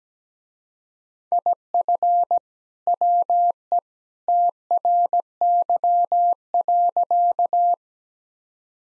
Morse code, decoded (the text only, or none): IF WE TRY.